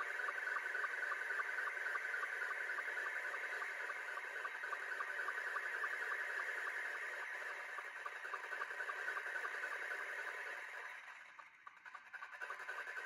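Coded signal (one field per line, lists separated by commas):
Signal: SSTV (slow-scan television)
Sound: steady warbling tone scanning image lines, with rapid regular ticks about 3-4 per second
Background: radio static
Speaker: he is saying thank you for the 73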